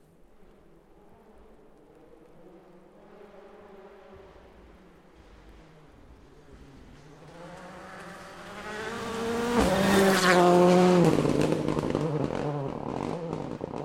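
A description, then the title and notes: A rally car approaches, its engine note rising and brightening into a loud, buzzing pass around ten seconds before easing slightly. First time using my 'new' Sound Devices 744t field recorder/mixer. 2 passes of an R5 Ford Fiesta rally car driven by Hamed Al-Wahaibi from Oman on day two of testing outside of Shelton, WA. Equipment: Sound Devices 744t - 48/24 Audix 1245 micro condenser mics with 50" carbon fiber booms.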